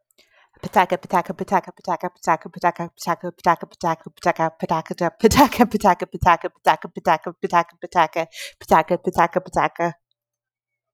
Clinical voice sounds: repeated syllables /pa ta ka/; female; 30 to 39 years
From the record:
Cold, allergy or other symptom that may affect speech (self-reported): no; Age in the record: 35 years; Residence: Ohio, United States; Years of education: 16

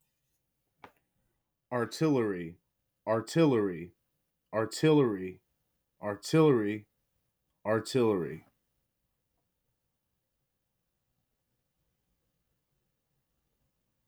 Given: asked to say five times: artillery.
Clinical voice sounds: repeated word; male; 30 to 39 years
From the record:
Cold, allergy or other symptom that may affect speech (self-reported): no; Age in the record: 38 years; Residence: United States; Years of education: 16

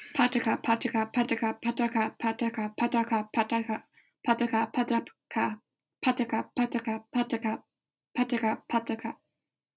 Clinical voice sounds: repeated syllables /pa ta ka/; female; 20 to 29 years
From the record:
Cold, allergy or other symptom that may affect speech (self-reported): no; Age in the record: 21 years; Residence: New Jersey, United States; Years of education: 16

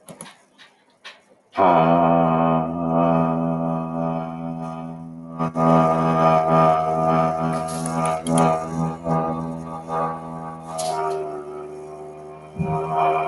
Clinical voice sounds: vowel held as long as possible; male; 30 to 39 years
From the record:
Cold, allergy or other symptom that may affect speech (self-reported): no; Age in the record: 39 years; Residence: Utah, United States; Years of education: 16

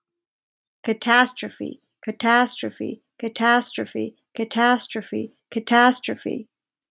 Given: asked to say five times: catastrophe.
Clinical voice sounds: repeated word; female; 20 to 29 years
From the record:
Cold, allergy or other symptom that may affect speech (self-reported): no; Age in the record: 25 years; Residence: Massachusetts, United States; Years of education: 17

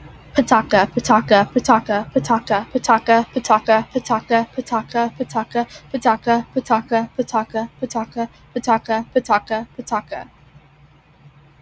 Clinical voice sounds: repeated syllables /pa ta ka/; female; 18 to 19 years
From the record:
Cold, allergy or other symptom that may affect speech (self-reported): no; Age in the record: 19 years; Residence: California, United States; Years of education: 14

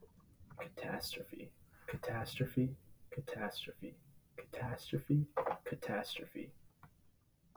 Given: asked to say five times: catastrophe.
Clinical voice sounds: repeated word; male; 20 to 29 years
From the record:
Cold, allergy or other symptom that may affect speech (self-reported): no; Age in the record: 23 years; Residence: Virginia, United States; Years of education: 16

